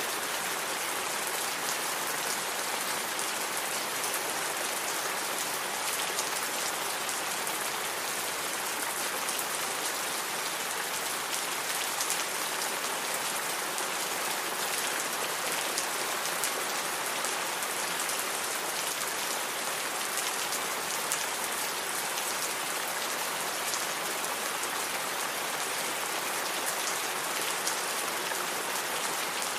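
Rain falls steadily and densely for the whole stretch, a constant hiss of countless drops on a surface with no pauses or swells. The sound is bright, with little low rumble and no other noises rising above the downpour.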